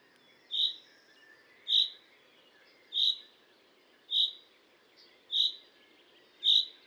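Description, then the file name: Common chaffinch uttering six crisp, high-pitched call notes at an even pace, a little over a second apart, with light background noise. "Fringilla coelebs"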